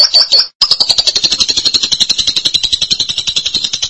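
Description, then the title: Lovebird song: a fast, scratchy, pulsed high trill with one brief break near the start, then steady rapid chattering. "BM Suara Burung Lovebird"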